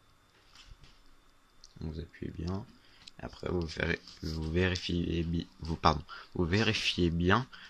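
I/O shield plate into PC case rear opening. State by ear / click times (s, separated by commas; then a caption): seated / 1.6 s. A metal I/O shield plate, lined up with the motherboard port openings, is pushed into the rear cutout of a PC case and clips in with a sharp click at 1.6 s, showing it is properly fixed. Someone talks before and after the click.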